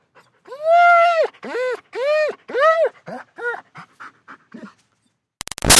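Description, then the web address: German Shepherd: dog whining in a series of arched, tonal whimpers that drop off into shorter, fainter whines, with a brief clatter at the end. German Shepherd dog, panting and whining. "Big Room Sound Dog German Shepherd"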